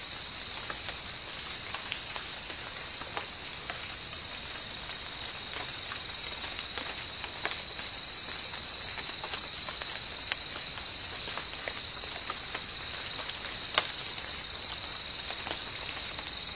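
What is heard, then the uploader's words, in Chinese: Sounds of nature in a tropical rainforest: a dense, unbroken insect chorus holds a bright, steady high drone throughout. Faint clicks and short chirps scatter across it, with one sharper tick near fourteen seconds, over a quiet low background. 大自然的声音-热带雨林。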